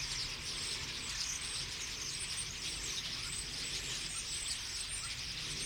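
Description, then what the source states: Common starlings chattering together in a thick, steady chorus of high twittering and squeaks, over faint low background rumble. Flock singing in a tree at Boldixumstieg, Nieblum, Germany; cars in background; Zoom H3-VR ambisonic recorder, binaural stereo rendering, edited in Audacity.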